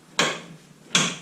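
A new drive axle shaft, held straight by a helper, is pushed into its seat in the differential/hub during a rear axle bearing replacement on a Mercedes C300. Two sharp metallic knocks ring out at 0.2 s and 0.95 s, each fading quickly. The shaft snaps into place and is seated.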